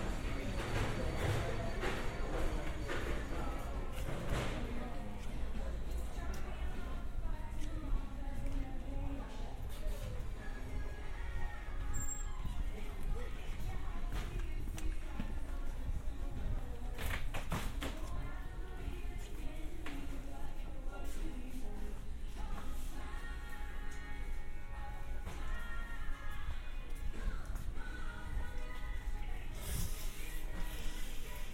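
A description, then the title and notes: Inside a hardware store, steady indoor chatter and footsteps blend with soft background music, punctuated by occasional clatters and sharp knocks throughout. A binaural field recording of shopping at a hardware store in New Rochelle. I was surprised they played country music.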